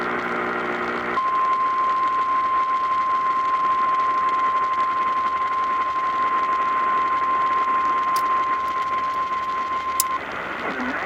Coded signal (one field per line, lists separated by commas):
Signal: Emergency Alert System (SAME) tones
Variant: 1050 Hz attention tone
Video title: SVR #3 on KQWB (EAS #1143)